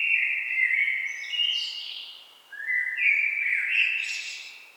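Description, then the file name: Common blackbird singing two back-to-back warbling phrases, mellow low notes rising into thin, scratchy twitters, with faint background hiss. "Turdus merula"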